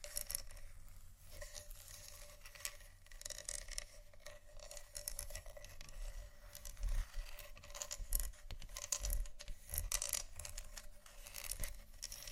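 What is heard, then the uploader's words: Scratching sounds run through the whole stretch, dense, crisp and fairly bright, coming in quick uneven strokes with no real pause. Stronger bursts land around 7, 8 and 9 seconds and again near 11, and a low steady hum sits underneath. ASMR Scratching Only For Sleep & Relaxation (No Talking).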